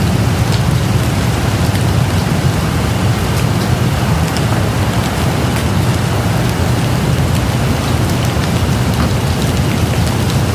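Steady background rain with a dense, even hiss, a strong low rumble underneath, and faint scattered drop ticks throughout.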